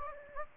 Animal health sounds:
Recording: mosquito wingbeat signal from an infrared sensor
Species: Anopheles gambiae

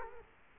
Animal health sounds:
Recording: mosquito wingbeat signal from an infrared sensor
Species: Culex quinquefasciatus

